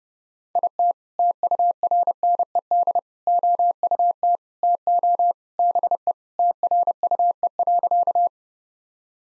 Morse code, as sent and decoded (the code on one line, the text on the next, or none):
.. - / - ..- .-. -. . -.. / --- ..- - / - --- / -... . / - .-. ..- . .-.-.-
IT TURNED OUT TO BE TRUE.